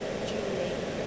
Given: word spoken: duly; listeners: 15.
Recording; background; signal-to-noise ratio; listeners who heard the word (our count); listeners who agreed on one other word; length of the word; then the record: one English word in noise, from a listening test; speech-shaped noise; -4.1 dB; 2 of 15; 7 of 15; 0.67 s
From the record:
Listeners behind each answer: 7, 2, 1, 1, 1, 1, 1, 1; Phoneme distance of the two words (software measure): 31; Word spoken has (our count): 2 syllables, 5 phonemes, stress on syllable 1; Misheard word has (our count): 2 syllables, 6 phonemes, stress on syllable 1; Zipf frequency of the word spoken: 3.21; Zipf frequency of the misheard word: 4.35